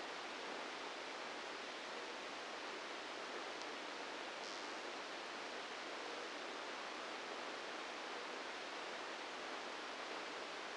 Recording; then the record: brain microelectrode recording played as sound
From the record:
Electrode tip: inside the subthalamic nucleus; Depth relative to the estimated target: -2 mm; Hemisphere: left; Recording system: NeuroSet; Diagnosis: Parkinson's disease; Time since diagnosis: 9 years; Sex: female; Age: 51 years